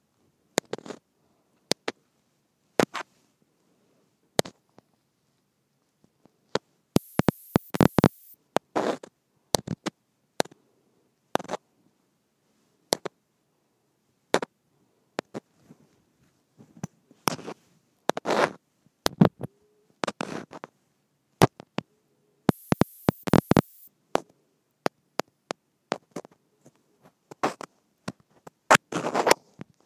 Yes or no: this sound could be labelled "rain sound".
no